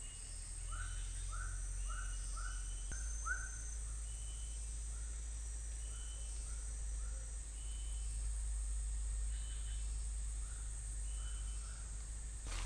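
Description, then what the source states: Bird calls: a run of short, arched chirps repeated rapidly over the first few seconds, then softer scattered notes and thin higher tones, over a constant low rumbling noise. Recorded in the US on 18 October 2021 at about 16:06.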